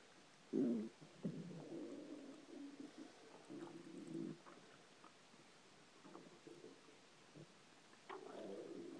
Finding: Stomach making sounds.